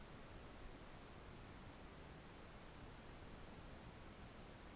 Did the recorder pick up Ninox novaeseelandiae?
no